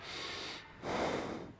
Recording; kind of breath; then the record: one breath in and out by a microphone near the nose and mouth; normal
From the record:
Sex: male